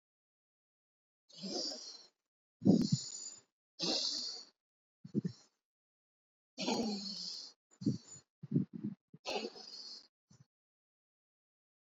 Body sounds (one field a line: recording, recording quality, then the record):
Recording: deep breathing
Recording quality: excellent, no background noise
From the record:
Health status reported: healthy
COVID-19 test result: not tested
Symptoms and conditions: cold, fatigue, muscle pain, loss of smell and taste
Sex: male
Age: 39 years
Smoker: not ticked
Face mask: not worn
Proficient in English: yes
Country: India